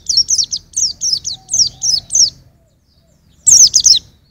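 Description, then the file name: White-eye delivering a run of about ten high, thin, falling chirps, then silence before a short, dense burst of similar notes. "suara burung pleci usro"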